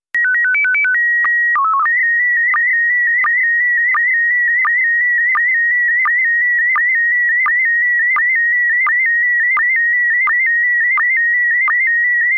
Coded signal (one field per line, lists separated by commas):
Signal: SSTV (slow-scan television)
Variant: PD 90